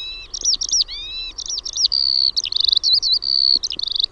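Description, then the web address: Eurasian skylark song, a fast unbroken high warble of chirps, trills and thin whistles, mixing buzzy rattles with sustained notes. "OMAT AANITYKSET KIURU"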